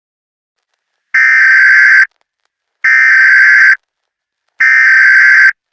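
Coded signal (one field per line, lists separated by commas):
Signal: Emergency Alert System (SAME) tones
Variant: header bursts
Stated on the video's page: Fictional EAS scenario, a simulated alert.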